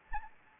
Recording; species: mosquito wingbeat signal from an infrared sensor; Anopheles gambiae